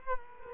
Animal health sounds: mosquito wingbeat signal from an infrared sensor; Culex quinquefasciatus

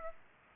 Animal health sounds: mosquito wingbeat signal from an infrared sensor; Aedes aegypti

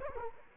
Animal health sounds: mosquito wingbeat signal from an infrared sensor; Culex quinquefasciatus

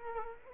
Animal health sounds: mosquito wingbeat signal from an infrared sensor; Culex quinquefasciatus

